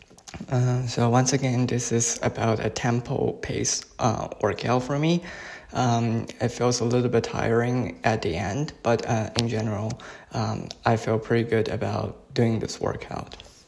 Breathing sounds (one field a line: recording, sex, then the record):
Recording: free speech after running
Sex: male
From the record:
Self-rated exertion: moderate exertion (3 of 6)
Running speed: 9 miles an hour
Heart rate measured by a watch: 103 beats a minute at the start, 104 at the end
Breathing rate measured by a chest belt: 14 breaths a minute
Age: 24 years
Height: 175 cm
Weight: 56 kg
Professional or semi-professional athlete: no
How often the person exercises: over 5 times a week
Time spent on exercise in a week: over 5 hours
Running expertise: yes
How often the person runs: over 5 times a week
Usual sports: running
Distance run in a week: 60 km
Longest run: 43 km